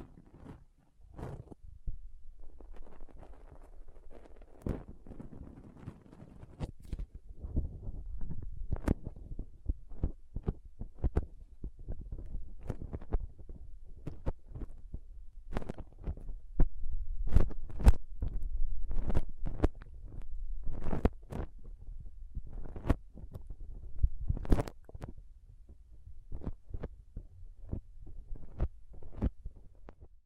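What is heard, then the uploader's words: Soft, squishy and sticky handling sounds with occasional crinkles and cutting. Sharp clicks and pops come every second or so throughout, some bright and snappy, over a low, thumping rumble that swells a little louder between about fifteen and twenty-five seconds. Soft Squishy Sticky, Crinkle, Cutting Sounds.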